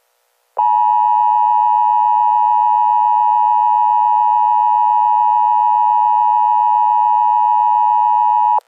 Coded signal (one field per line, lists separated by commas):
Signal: Emergency Alert System (SAME) tones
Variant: 853 and 960 Hz attention tone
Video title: EAS 2.5 (Remake): Severe Thunderstorm Warning